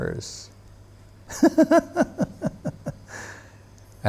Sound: laughter